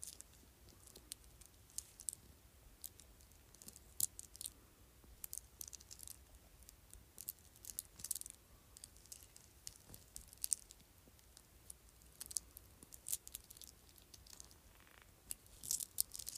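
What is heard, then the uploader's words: Small beads click and clatter, sharp bright ticks scattered irregularly across the whole stretch, sometimes in quick clusters around a few moments. Between them a quiet hush and faint low rumble fill the background. ASMR Bead Bracelet.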